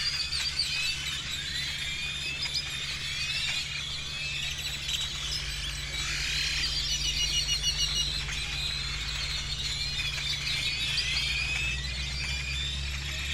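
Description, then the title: Birds chirp and squeal in a dense flock chorus, with bursts of rapid twittering over a constant low engine-like hum. Birds over the seafront (malecón) before dawn in Campeche, Mexico; recorded on a TASCAM DR-100 mkII with a RODE NTG-2 shotgun microphone and deadcat windshield. "Campeche, México - Aves sobre malecón en madrugada"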